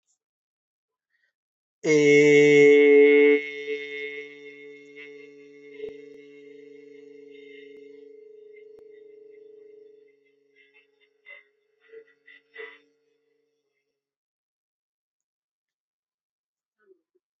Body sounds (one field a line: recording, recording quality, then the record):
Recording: sustained vowel as in made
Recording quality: excellent, no background noise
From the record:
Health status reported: healthy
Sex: male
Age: 25 years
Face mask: not worn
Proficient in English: yes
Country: India